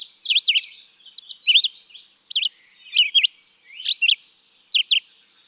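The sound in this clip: Red-eyed vireo singing brief whistled phrases that swoop up and down, delivered one after another with short gaps, varying in shape from phrase to phrase.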